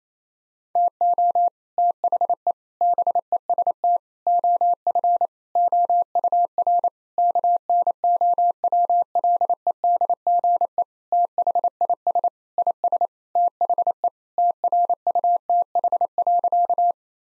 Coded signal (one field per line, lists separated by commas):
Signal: Morse code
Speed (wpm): 28 wpm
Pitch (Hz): 700 Hz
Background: none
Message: TO THE BEST OF OUR KNOWLEDGE THIS IS THE TRUTH.